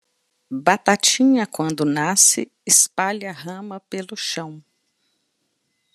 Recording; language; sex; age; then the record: short text; Brazilian Portuguese; female; 50 to 59 years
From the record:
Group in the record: control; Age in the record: 55 years